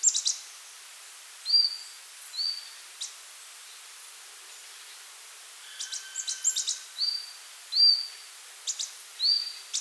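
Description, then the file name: Marsh Tit calls: short flat whistled notes mixed with sharp, very high ticking chips, delivered in loose irregular bursts with a quieter pause in the middle. "Poecile palustris"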